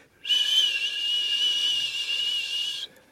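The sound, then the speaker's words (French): A steady, high-pitched whistling like a firework rocket, with a breathy hiss behind it, holds one shrill tone for about two and a half seconds before cutting off abruptly. “J'ai entendu quelque chose. Et qu'avez-vous entendu? Un sifflement, comme ça.”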